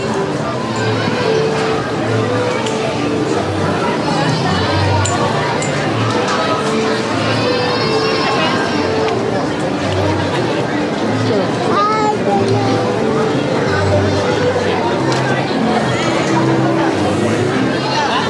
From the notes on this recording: Disneyland’s West Side near dusk as the crows begin to arrive for the night